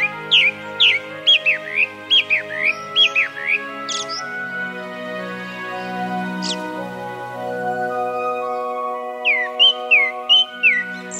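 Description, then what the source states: Japanese thrush singing: loud repeated slurred whistles, a pause with a couple of single notes, then another quick whistled phrase, against a steady droning hum in the background. Recorded at Togatta Onsen, a hot spring area in Miyagi Prefecture, Japan.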